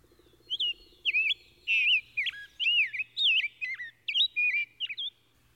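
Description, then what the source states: Rose-breasted Grosbeak song: a rich warble of rounded, looping whistled notes rising and falling in quick succession, with a faint low hum beneath. Male; a richly modulated warble from the top of a birch, mistaken by unpracticed ears for the scarlet tanager; a strong, vivacious, bright noonday song; a rare visitant.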